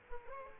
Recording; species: mosquito wingbeat signal from an infrared sensor; Culex quinquefasciatus